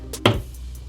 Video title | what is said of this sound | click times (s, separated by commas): Review Rockville RPG2X12 Package PA System Mixer/Amp+12" Speakers | you'll hear a click to let you know you're locked in | 0.3 s